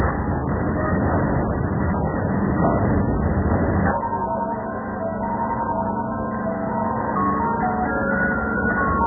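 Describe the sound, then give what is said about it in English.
A looping electronic chime melody plays steadily, bright and tinny like an ice cream truck jingle, over a constant low mechanical hum; the tune shifts to a sparser pattern about halfway through. It is warning music at a Proton car factory, alerting workers that machinery is moving. “الموسيقى عشان تدي انذار للموظفين انه في حركه.”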